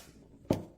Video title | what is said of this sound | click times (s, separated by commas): Review MidTen 7.5-9 Inches Rifle Bipod with 360 Degree Rotation and Tilt Foldable for Hunting and Sh | Click, nice positive click, strong spring, | 0.5 s